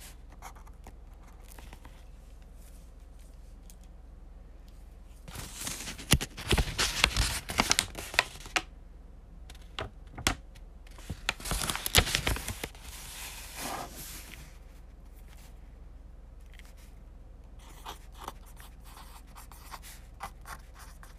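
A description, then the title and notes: Fast note taking with a pen, quick scratchy strokes across paper in dense bursts. Heavy writing runs from about five to nine seconds and again from ten to fourteen, with lighter, sparser scribbles near the start and end. ASMR Writing. Fast note taking.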